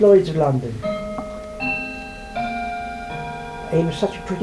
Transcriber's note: clock chimes